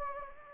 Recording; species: mosquito wingbeat signal from an infrared sensor; Anopheles gambiae